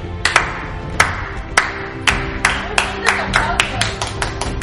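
A slow clap like in the movies, started on a count of three: sharp, spaced handclaps that start deliberately and gradually quicken into a steadier beat, with a low murmur of voices underneath.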